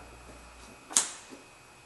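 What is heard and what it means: On a 2006 Mustang, the center screw of a plastic push-pin retainer in an interior trim panel is pressed back down into its clip while the plastic trim piece is being reinstalled. Against a quiet background, one sharp, bright hit lands at 1.0 s and is followed by a faint softer tap around 1.3 s. The push-pin is pushed home and seated.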